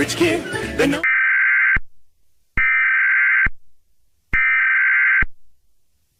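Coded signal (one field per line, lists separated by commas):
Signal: Emergency Alert System (SAME) tones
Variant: header bursts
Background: speech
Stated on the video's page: Fictional fake EAS alert.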